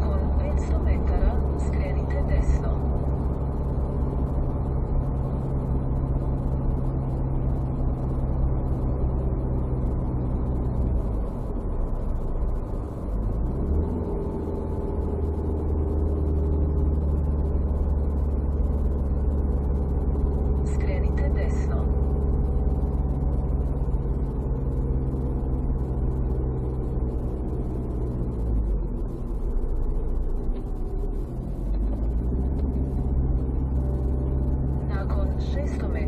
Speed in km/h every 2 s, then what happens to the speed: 74, 72, 70, 70, 68, 64, 60, 55, 53, 51, 50, 50, 48, 45, 42, 36, 28, 31.
0-32 slows to 28.